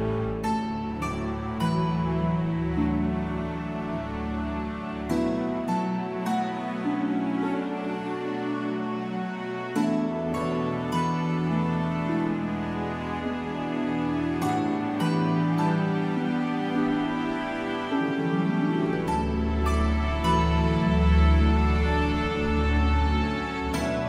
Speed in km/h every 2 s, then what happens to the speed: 13, 21, 21, 15, 13, 19, 19, 16, 13, 21, 18, 16.
0-3 speeds up to 21. 3-7 slows to 13. 11-24 steady at about 16.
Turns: none.